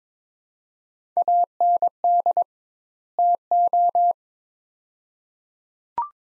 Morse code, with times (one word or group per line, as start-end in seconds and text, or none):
1.2-2.4 AND
3.2-4.1 TO